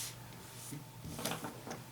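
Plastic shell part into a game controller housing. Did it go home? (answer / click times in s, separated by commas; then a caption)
yes / 1.3 s. A plastic part of an XCM Supreme wireless game controller shell is fitted into the controller housing by moving one side out and the other side in. After some soft handling and scraping, a single sharp knock-like click at 1.3 s marks the part locking into place.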